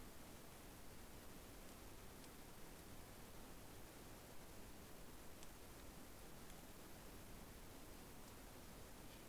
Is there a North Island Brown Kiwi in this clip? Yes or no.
no